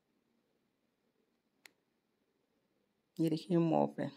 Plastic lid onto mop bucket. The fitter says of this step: अब यह ऊपर लेड लग के लॉक हो गया यह